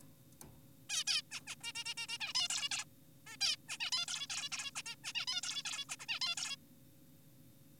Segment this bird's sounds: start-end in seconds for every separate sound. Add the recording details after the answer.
0.90-1.04, 1.07-1.22, 1.32-1.41, 1.47-1.56, 1.61-1.72, 1.75-1.84, 1.86-1.94, 1.98-2.07, 2.09-2.18, 2.20-2.33, 2.35-2.48, 2.50-2.69, 2.71-2.85, 3.27-3.37, 3.41-3.56, 3.69-3.77, 3.80-3.91, 3.92-4.06, 4.08-4.27, 4.30-4.49, 4.52-4.71, 4.76-4.82, 4.86-4.95, 5.04-5.13, 5.15-5.26, 5.28-5.41, 5.43-5.63, 5.65-5.85, 5.89-5.96, 6.00-6.06, 6.09-6.20, 6.22-6.35, 6.37-6.56. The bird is an adult. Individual g4p5U